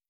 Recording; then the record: hydrophone in a shrimp aquaculture tank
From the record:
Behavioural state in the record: stressed